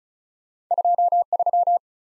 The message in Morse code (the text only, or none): 2 3